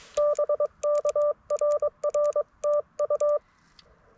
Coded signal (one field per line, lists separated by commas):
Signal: Morse code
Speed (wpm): 22 wpm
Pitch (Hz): 590 Hz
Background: none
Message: BK RR TU